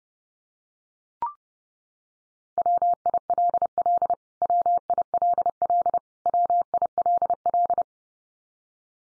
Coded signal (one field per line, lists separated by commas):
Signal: Morse code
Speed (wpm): 30 wpm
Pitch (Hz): 700 Hz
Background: none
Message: WILL WILL WILL